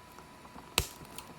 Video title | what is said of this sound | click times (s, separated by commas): Jurassic World Amber Collection Owen Grady and Blue | the right hand he came with pops right in there | 0.8 s